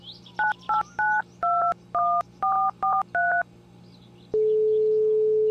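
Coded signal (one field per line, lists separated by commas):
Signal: DTMF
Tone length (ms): 250 ms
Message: 98921443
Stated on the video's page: Phone dialing tones in a game mod, calling from phone or payphone.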